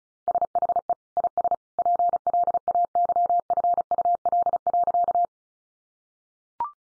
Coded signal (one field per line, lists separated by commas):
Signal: Morse code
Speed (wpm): 34 wpm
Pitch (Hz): 700 Hz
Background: none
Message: SHE IS PLAYFUL.